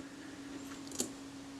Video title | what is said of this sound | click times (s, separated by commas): Servicing a Kodak Retina Reflex 025, part 06 | otherwise things don't go well you he that click into place | 1.0 s